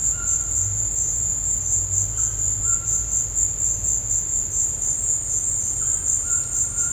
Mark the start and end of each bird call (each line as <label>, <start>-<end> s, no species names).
bird call, 0.00-0.67 s
bird call, 2.51-3.21 s